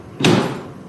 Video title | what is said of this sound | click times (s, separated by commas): SurgyPad set up and patient positioning in Lithotomy using the SurgyPad. | You'll hear it click, and then you're going to tighten that. | 0.2 s